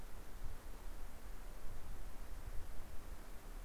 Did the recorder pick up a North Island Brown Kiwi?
no